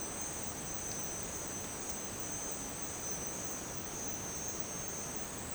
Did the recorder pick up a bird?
no